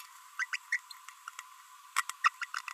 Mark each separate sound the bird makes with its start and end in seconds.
0.40-0.45, 0.53-0.56, 0.72-0.77, 1.97-2.02, 2.24-2.29, 2.42-2.45